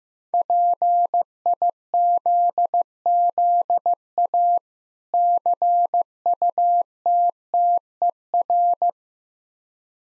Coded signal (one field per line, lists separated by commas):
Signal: Morse code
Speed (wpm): 15 wpm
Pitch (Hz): 700 Hz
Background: none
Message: PIZZA CUTTER